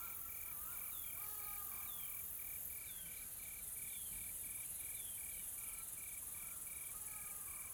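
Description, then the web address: Insects chirping, a steady pulsed tone repeating about three times a second over a constant high hiss of other insects. Soft, calm insect ambience in a tropical forest in South Africa. "Sonniss - Smart Sound FX - Nature South Africa AMBIENCE Additional Tropical Forest Soft Insects Calm"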